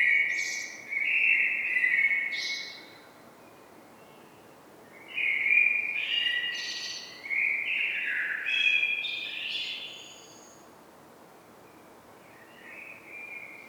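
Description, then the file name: Common blackbird singing varied mellow phrases mixed with high squeaky notes, a long busy phrase mid-way, then quieter twittering. "Turdus merula"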